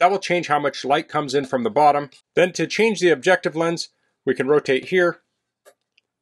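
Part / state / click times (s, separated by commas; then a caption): objective lens turret detent on a compound microscope / seated / 6.0 s. Someone talks while rotating the objective nosepiece turret of a FoKoos 40x-1000x compound microscope to change lenses. A small, quiet click is heard at 6.0 s as the turret detent locks the objective into place, seating it.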